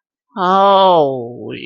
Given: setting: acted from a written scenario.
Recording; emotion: vocal sound without words; elation